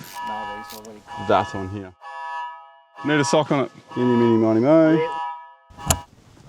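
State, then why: Seated. A garden-hose quick-connect coupling is pushed onto a homemade hose-to-hose adapter that feeds a water pump, while someone talks and a steady tonal hum plays underneath. The coupling seats with a single sharp click at 5.9 s.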